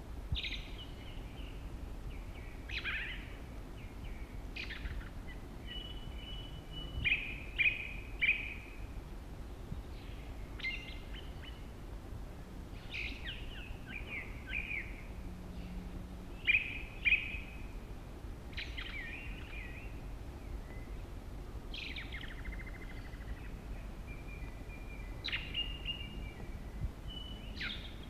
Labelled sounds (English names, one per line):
Ring Ouzel song